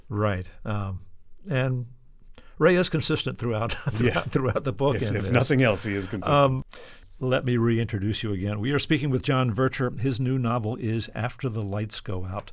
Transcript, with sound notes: Right. And Ray is consistent throughout (laughter) the book in this.
If nothing else, he is consistent.
Let me reintroduce you again. We are speaking with John Vercher. His new novel is "After The Lights Go Out."